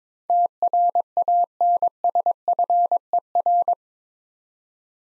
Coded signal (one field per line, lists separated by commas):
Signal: Morse code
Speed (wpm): 22 wpm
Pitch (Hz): 700 Hz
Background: none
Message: TRANSFER